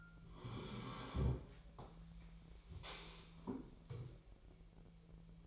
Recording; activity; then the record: daily activity, microphone in the room; sit down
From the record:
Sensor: 1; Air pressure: 1001.6 hPa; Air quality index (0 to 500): 248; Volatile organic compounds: 121 ppm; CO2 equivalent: 3878 ppm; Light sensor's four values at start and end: 14/33/14/15 and 14/34/14/16